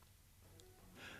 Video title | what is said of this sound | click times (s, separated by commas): CAS 4-2 - COMPRESSED AIR SYSTEMS | metal Bowl guard is fitted over the bowl and locked into place | 0.6 s